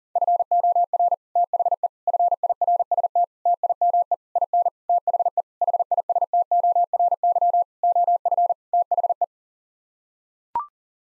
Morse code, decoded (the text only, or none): FOR THE FIRST TIME IN THE HISTORY OF THE